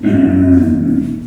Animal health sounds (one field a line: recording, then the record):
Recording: squeal of a Yucatan mini pig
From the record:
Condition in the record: after surgery on the right vocal fold (resection and tissue-engineered implant)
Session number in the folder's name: 4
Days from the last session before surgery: 26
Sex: female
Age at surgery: 19 weeks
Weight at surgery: 25 kg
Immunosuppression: prednisolone